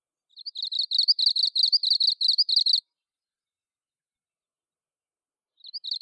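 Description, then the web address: Japanese leaf warbler song, a rapid string of short buzzy high phrases for over two seconds, then a pause before the next burst begins. "mebosomushikui"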